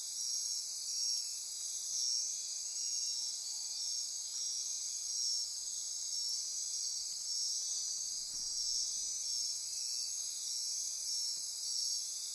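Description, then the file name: Dense insect chorus, unbroken high shrill trilling and buzzing sustained across the whole stretch. Insect chorus recorded at midnight near Corcovado. "Wind-is-the-Original-Radio-Fridays Andy-Martin Midnight-Insect-Chorus-Near-Corcovado"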